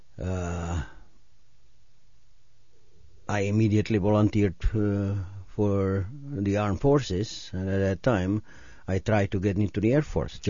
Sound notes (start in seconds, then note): none